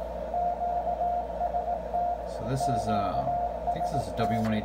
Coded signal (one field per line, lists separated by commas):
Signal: Morse code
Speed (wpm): 18 wpm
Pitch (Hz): 700 Hz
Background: speech, radio noise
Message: QST QST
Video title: Xiegu X6100 and ICOM IC-705 receive audio comparison, on CW.